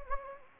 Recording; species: mosquito wingbeat signal from an infrared sensor; Anopheles gambiae